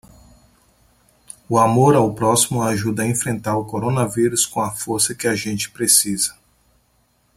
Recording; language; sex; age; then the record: spoken sentence; Brazilian Portuguese; male; 40 to 49 years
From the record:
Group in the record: control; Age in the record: 40 years